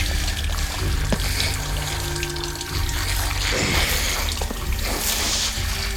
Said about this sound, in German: Hart schoss der Wasserstrahl über den bleichen Körper. Er spülte Erde und geronnenes Blut aus den unzähligen Schnittwunden. Gleich einem rotbraunen Strom floss das Wasser vom Tisch hinab auf den gefliesten Boden.